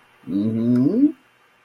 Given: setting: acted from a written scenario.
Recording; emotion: vocal sound without words; interest